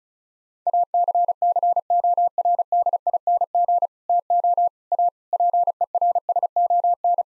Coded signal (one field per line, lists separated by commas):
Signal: Morse code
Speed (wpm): 34 wpm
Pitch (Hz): 700 Hz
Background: none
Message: ACCORDING TO A PERSON